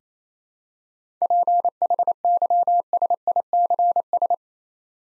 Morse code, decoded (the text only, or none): PHYSICS